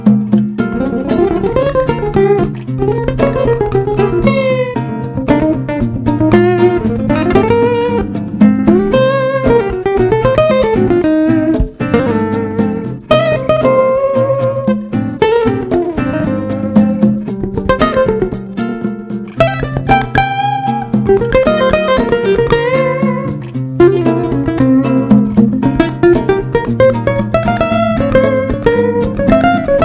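Outside a restaurant in Brazil, a song plays loudly and steadily throughout, with a singing voice gliding over a firm, repeating bass line and regular percussion hits. The sound stays dense, with a bright hiss running high above.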